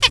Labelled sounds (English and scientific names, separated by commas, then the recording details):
Zebra Finch (Taeniopygia guttata) tet call
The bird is a female
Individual fem8